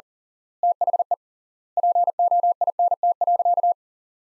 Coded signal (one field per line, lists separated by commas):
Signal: Morse code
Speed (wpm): 40 wpm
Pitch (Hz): 700 Hz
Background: none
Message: THE POINT.